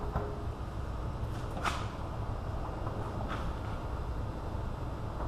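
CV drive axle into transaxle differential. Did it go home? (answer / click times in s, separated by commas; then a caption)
no / none. A front CV drive axle is worked into the transaxle differential of a Toyota Corolla and twisted until its splines line up, though it is not yet fully in. Faint metallic scrapes and handling noises, the clearest near 1.7 s and 3.3 s, sit over a steady low rumble. Nothing has seated or clicked yet.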